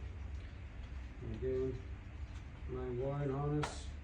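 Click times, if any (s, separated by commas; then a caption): none. A wiring harness connector is handled at the back of the plastic headlight assembly of a Daihatsu Hijet during headlight reinstallation, but nothing has seated or clicked yet. Someone talks over a steady low hum, and a brief high hiss comes near 3.6 s.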